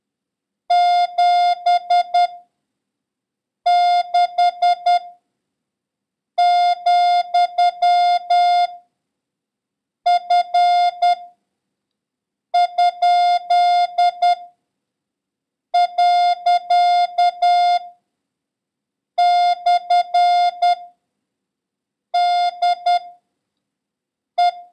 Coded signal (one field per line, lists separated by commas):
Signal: Morse code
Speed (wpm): 10 wpm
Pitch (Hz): 710 Hz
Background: none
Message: 7 6 , F ? . / D E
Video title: International Morse Code: Lesson 11